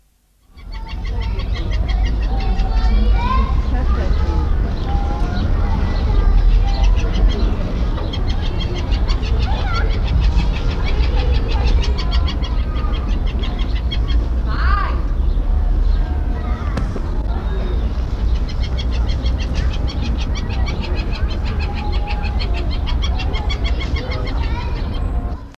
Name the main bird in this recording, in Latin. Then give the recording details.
Lophochroa leadbeateri. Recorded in captivity. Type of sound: call. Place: Wilhelma Stuttgart, Baden-Württemberg, DE. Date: 1986-07-15. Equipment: Halbspur, 9,5 cm/s. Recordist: Lütgens, Hans. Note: Rufe aus Nishöhle